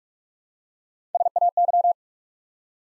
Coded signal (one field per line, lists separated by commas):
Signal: Morse code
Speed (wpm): 44 wpm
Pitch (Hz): 700 Hz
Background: none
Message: SAY